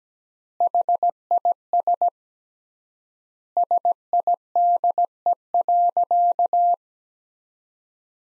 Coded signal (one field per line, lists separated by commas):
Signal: Morse code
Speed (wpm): 17 wpm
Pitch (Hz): 700 Hz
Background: none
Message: HIS SIDE.